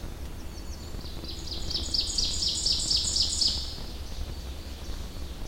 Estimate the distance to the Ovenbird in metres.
about 30 m